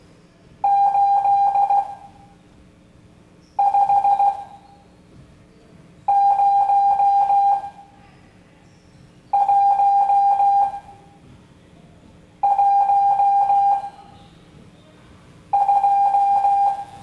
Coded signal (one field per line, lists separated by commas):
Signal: Morse code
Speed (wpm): 16 wpm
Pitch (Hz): 800 Hz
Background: none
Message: 850112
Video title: Morse Code Class 05